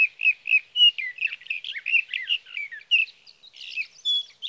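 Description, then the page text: Sage thrasher song, continuous and jumbled, with rapid warbled notes in quick succession. Male singing through the night near his night roost, evening of June 12 to morning of June 15, 2018, Sierra Valley, California; Swift recorder. "Birdsong for the Curious Naturalist: Explore #7 Sage thrasher songs, through the night."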